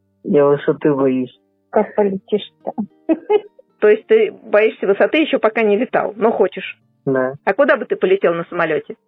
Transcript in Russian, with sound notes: Я высоты боюсь.
А как полетишь-то? (удивленно)
То есть ты боишься высоты, еще пока не летал, но хочешь?
Да.
А куда бы ты полетел на самолете?